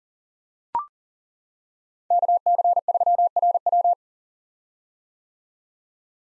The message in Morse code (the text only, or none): KC3RW